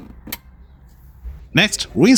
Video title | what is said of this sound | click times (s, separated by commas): How to Replace SRS Airbag Control Unit in Kia Sportage | Align the connector with its port, then push it straight in until you hear or feel a click. | 0.3 s